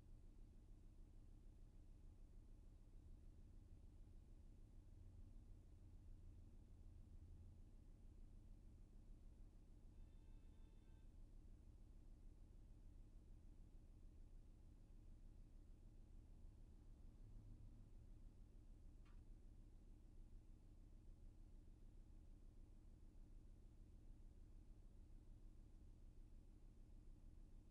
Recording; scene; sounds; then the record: everyday scene through a hearing-aid microphone; in a vehicle; engine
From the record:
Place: VW T5 Caravelle, diesel engine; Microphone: behind the ear, left, front